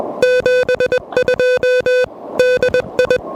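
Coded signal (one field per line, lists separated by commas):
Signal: Morse code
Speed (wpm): 20 wpm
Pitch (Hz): 500 Hz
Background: music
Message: 72 DI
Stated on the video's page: QRP CW from a POTA park activation worked pedestrian mobile with an Elecraft KH1.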